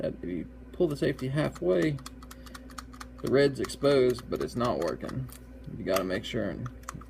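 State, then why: Not seated. Someone talks while handling the manual safety lever in the frame of a Hi-Point 9mm pistol; pulled only halfway, the lever exposes its red mark but does not engage. A few faint ticks sound around 2.3–3.0 s and again near 6.9–7.0 s. The lever has not yet been pushed fully home, so nothing has clicked or seated yet.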